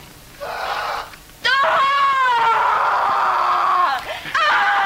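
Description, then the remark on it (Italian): A woman's harrowing, sustained scream from the rape scene with Annie Girardot in the film Rocco and His Brothers rises sharply after a brief breathy cry, holding a strained high pitch for over two seconds, then breaking and resuming loudly. “Mamma mia, non voglio pensare a cosa sia detto questo urlo straziante preso da Rocco e i suoi fratelli.”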